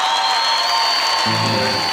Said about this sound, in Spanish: ¡Fuerte el aplauso para los muchachos! ¡Vamos!